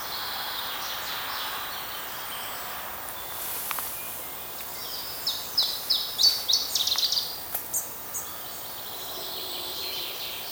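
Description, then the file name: Iberian chiffchaff singing a brief phrase of quick, high notes that speed into a short rattling run, set against steady background hiss. Recorded 5 May 2018. "Iberienzz-DO- -Stefan-Helmer"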